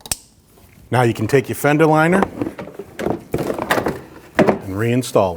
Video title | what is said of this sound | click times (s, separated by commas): How to Replace Ignition Coils 5-8 2012-2021 Nissan NV2500 | Listen for the click. | 0.1 s